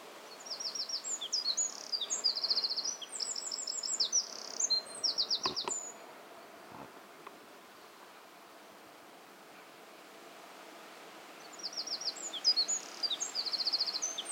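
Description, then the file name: Eurasian wren song in two bursts of fast, high, rattling trills and ticks, separated by several seconds of quiet background hiss. "Troglodytes troglodytes"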